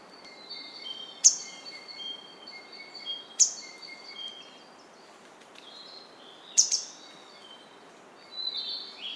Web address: izumino saunndo kisekirei